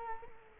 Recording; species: mosquito wingbeat signal from an infrared sensor; Culex quinquefasciatus